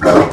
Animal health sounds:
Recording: pig call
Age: growing-finishing pig (85 days or more)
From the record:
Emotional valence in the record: positive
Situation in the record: run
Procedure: transit

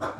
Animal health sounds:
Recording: pig call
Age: growing-finishing pig (85 days or more)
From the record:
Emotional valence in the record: positive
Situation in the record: run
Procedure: transit

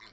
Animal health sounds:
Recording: pig call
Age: piglet (1 to 25 days)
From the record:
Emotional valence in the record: positive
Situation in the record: short reunion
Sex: female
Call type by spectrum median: low-frequency call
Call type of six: low-frequency tonal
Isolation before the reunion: 3 minutes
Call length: 0.13 s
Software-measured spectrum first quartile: 1519 Hz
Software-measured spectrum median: 2399 Hz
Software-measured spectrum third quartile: 4173 Hz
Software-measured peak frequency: 2055 Hz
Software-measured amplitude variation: 87 dB a second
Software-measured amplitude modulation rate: 18.7 a second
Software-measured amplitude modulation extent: 4.6 dB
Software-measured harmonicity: 2.1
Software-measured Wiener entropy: -1.41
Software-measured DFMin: 920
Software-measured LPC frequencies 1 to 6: 1079, 2061, 3559, 4174, 5450, 7241 Hz

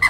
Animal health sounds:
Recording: pig call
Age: piglet (1 to 25 days)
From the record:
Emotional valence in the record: positive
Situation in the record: reunion after long isolation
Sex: male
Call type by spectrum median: low-frequency call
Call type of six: low-frequency tonal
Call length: 0.11 s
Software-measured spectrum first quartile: 1397 Hz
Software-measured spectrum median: 1980 Hz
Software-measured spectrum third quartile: 2158 Hz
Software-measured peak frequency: 2036 Hz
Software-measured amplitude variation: 162 dB a second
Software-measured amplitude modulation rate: 14.1 a second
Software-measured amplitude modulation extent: 11.6 dB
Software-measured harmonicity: 10.1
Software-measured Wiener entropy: -2.39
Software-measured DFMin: 1041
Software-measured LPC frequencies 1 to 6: 1094, 2036, 3167, 4195, 5127, 6187 Hz

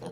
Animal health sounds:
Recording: pig call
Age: piglet (1 to 25 days)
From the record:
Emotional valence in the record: negative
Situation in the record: surprise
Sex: male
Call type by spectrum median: low-frequency call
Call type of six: low-frequency stable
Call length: 0.12 s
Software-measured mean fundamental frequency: 51 Hz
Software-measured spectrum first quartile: 276 Hz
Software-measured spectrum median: 499 Hz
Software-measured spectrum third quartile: 1058 Hz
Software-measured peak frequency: 477 Hz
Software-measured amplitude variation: 80 dB a second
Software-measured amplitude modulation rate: 4.3 a second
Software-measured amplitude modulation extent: 18.5 dB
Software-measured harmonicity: 2.9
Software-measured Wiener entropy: -0.79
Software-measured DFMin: 909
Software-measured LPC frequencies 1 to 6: 491, 1632, 3251, 4168, 4907, 5705 Hz

